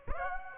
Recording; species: mosquito wingbeat signal from an infrared sensor; Aedes aegypti